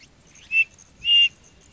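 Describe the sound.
Bird call: two short, clear whistled notes, the second longer, about half a second apart, over quiet background hiss.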